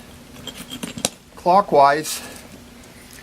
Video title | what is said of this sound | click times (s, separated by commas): Alberta Alpine: How to Use New Inflatable Arch | hear the click and then it's locked in | 1.1 s